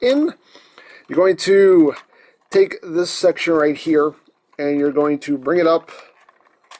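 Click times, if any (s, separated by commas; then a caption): none. Someone talks while handling a plastic Go-Busters Sougan Blade toy sword, flipping the blade in and bringing a hinged section up toward its locked position to combine it with the Ichigan Buster. A few faint, quiet handling taps come near the end. Nothing has clicked or locked into place yet.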